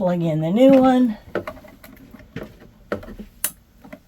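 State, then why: Seated. Someone talks briefly, then a modular phone-style cord for a Xantrex 3000 W inverter remote is plugged into the jack of a new Bluetooth inverter control module after the old module is unplugged. Several faint handling taps follow, then the plastic RJ plug latch clicks home sharply at 3.4 s, and the plug is seated.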